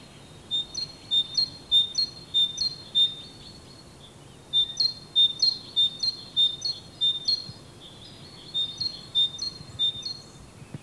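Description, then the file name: Great tit song: bright, high two-note phrases repeated briskly in several series with short pauses between; faint steady background hiss. "Parus major"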